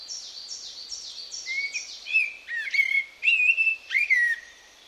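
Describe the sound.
Bird calls: a quick series of high, downslurred notes, then lower warbled whistles that rise and fall.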